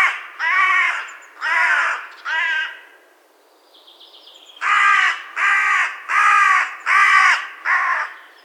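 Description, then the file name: Carrion crow cawing: three harsh, grating caws, a short gap with a faint rattle, then five more hoarse caws in a steady series. "Corvus corone"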